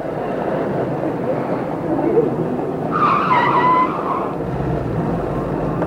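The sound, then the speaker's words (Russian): A taxi's engine rumbles steadily, and midway a short, high tire squeal cuts through as the taxi pulls away, heading for Fili, before settling back into a continuous motor drone. “Я могла, конечно, поехать автобусом или в метро, но я схватила такси.”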